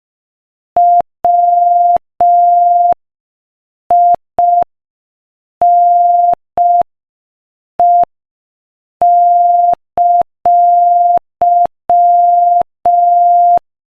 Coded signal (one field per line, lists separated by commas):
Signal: Morse code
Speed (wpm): 5 wpm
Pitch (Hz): 700 Hz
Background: none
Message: WINE!